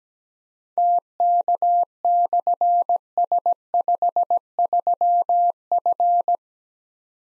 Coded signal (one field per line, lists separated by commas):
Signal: Morse code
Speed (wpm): 17 wpm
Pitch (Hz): 700 Hz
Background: none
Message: TK/S53F